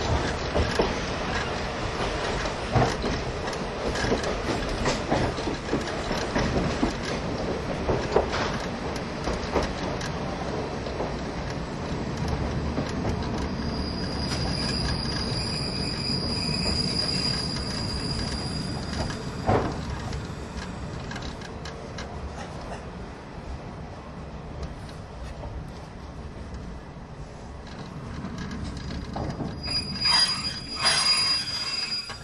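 An old-style passenger train hauled by an E10 locomotive rolls along the line, a dense, steady rumble of wheels and carriage rattle throughout. Around 14 to 19 seconds a high, thin squeal rings over the noise, and sharper clicks and squeaks return near the end.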